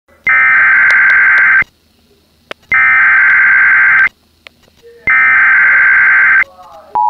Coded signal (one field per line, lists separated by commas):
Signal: Emergency Alert System (SAME) tones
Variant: header bursts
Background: speech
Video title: Required Monthly Test EAS